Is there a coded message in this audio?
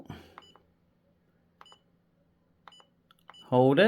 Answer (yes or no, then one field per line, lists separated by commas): no